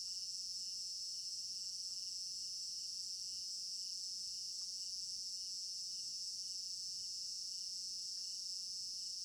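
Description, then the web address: A steady high cricket chorus with quick rhythmic pulses fills the whole stretch, with a few faint ticks scattered through it. Crickets in an African village garden at night; stereo binaural recording. "African-Village Garden Night Crickets Stereo-Binaural. immersive sound library"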